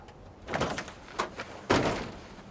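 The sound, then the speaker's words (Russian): Mac opens the trunk of his car, stopped in a snowy clearing, to take out a revolver: a few quick mechanical clicks and rattles, followed by a heavier, louder thunk as the lid swings up and settles. “Мак открывает багажник и достает револьвер.”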